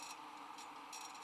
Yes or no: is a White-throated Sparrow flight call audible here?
no